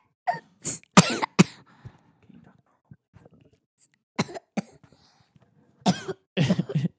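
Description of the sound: A child gives a run of short, dry coughs in three clusters, about eight bursts over seven seconds with quiet gaps between, coming after talking in a strained voice. This is a plain cough with a throat-clearing quality and no wheeze or whoop.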